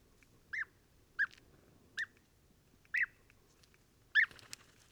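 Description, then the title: European bee-eater giving five rolling, purring calls spaced about a second apart over a soft background hiss. Pre-migration gathering at an evening roost in a very large acacia, recorded in the evening and at morning waking, Oasis Mayateg, Adrar, Mauritania, 22 February 2019, Tlp7 and MixPre 3. "Dortoir de Guêpier d'Europe - Mauritanie"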